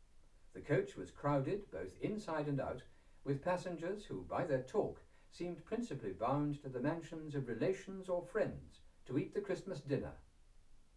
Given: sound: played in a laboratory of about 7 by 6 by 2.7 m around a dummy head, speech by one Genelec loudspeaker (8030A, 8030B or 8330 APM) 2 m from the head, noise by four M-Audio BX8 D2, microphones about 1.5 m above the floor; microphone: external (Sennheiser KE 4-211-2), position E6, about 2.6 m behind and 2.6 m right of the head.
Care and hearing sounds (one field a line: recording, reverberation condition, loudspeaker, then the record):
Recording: male speech in English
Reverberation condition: low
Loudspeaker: 60 degrees to the left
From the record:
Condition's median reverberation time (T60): about 310 ms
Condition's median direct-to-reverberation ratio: about 3.5 dB